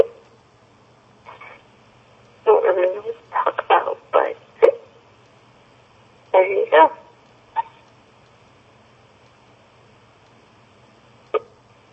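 Hiccups from an adult woman, heard over a telephone line.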